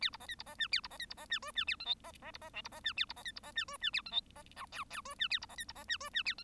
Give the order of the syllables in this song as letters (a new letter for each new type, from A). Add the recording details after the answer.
A B C D B C E A B C D B C E F E A G H C C B C I B C E A B C D B C E F E A G H C J K K F E A B C D B C E F E A G. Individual Bird1